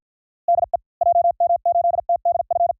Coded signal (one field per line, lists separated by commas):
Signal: Morse code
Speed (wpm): 53 wpm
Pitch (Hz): 690 Hz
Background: none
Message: DE JM8TDF